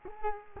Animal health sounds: mosquito wingbeat signal from an infrared sensor; Culex quinquefasciatus

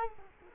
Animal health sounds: mosquito wingbeat signal from an infrared sensor; Culex quinquefasciatus

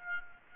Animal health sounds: mosquito wingbeat signal from an infrared sensor; Aedes aegypti

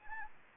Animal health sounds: mosquito wingbeat signal from an infrared sensor; Anopheles gambiae

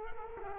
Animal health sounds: mosquito wingbeat signal from an infrared sensor; Culex quinquefasciatus

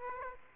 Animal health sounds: mosquito wingbeat signal from an infrared sensor; Aedes aegypti

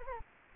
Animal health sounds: mosquito wingbeat signal from an infrared sensor; Anopheles gambiae

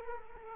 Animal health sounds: mosquito wingbeat signal from an infrared sensor; Aedes aegypti

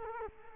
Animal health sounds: mosquito wingbeat signal from an infrared sensor; Culex quinquefasciatus

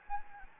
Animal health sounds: mosquito wingbeat signal from an infrared sensor; Anopheles gambiae

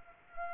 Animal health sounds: mosquito wingbeat signal from an infrared sensor; Culex pipiens

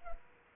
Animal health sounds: mosquito wingbeat signal from an infrared sensor; Culex pipiens

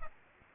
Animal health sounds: mosquito wingbeat signal from an infrared sensor; Aedes aegypti

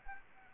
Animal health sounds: mosquito wingbeat signal from an infrared sensor; Anopheles arabiensis

